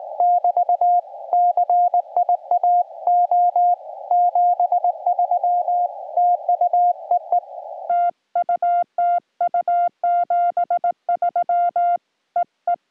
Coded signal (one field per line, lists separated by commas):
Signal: Morse code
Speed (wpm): 20 wpm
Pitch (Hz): 710 Hz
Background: music, radio noise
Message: <BT> CIAO 73 TU EE TU TU 73 EE